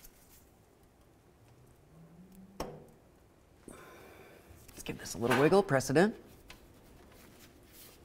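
A metal transmission cooler line for a 2006 Chevrolet Silverado is handled, wiggled and pressed toward its quick-connect fitting, with a sharp knock near 2.6 s, a brief scrape near 3.7 s and a light tap near 6.5 s. Someone talks in the middle of the clip. Nothing has seated or clicked yet; the line is not yet home in the fitting.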